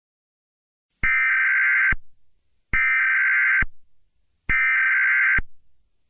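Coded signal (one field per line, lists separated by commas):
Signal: Emergency Alert System (SAME) tones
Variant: header bursts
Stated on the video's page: Fictional EAS scenario inspired by Borderlands, built with valid EAS tones.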